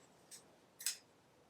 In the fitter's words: you get a really nice click hopefully the camera can pick that up